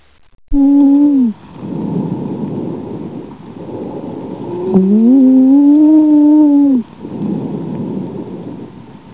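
Wheeze in an adult's chest: a musical, low-pitched tone with overtones, heard twice between rushing breath sounds, once briefly and then for about two seconds.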